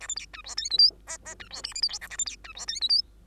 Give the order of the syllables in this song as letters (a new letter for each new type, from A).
A B C D E F G H I I D E J K L M N A B C D E F G H